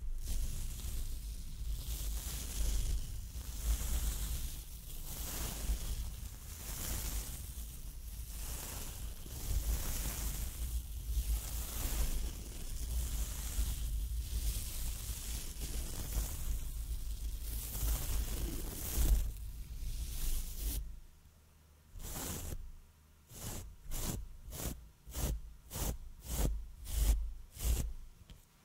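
Soft brushing on a microphone makes a dense, rushing hiss with a low rumble underneath, pulsing in strokes about once a second for the first twenty seconds. Then the sound drops away and quicker, separate swipes follow, roughly two per second, each a short bright whoosh.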